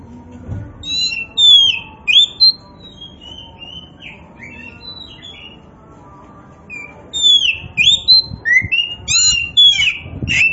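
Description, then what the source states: Oriental magpie-robin singing a varied run of clear whistles and slurred notes, a pause midway, then a denser, faster flurry of chirpy phrases. Kacer poci variety of Oriental magpie-robin, singing vigorously (gacor).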